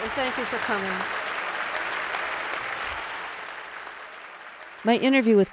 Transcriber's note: applause